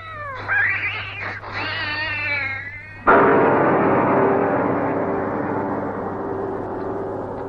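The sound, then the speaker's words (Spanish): A cat lets out a drawn-out, wavering yowl while fighting a cobra, loud and strained, for a few seconds, then a sustained harsh rushing noise takes over and holds steady to the end, with no talking. “Bravo, gato. Muy bien. Le has hecho morder el polvo a la cobra.”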